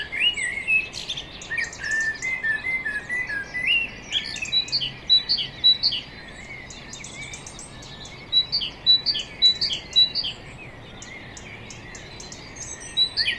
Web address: SETE data Turdus merula